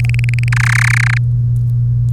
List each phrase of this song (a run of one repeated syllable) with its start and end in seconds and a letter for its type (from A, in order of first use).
0.00-0.48 A, 0.52-1.18 B